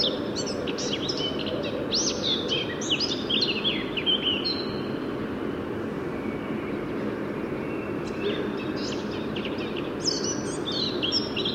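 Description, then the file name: Eurasian blackcap song in two bursts, a longer tumbling warble then a shorter lively phrase after a pause, with a steady rumble underneath. "Sylvia atricapilla"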